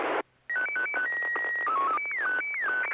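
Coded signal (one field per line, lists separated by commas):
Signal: SSTV (slow-scan television)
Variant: Scottie 1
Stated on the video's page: Morse heard during an SSTV net held on a FM repeater on 441.300 MHz.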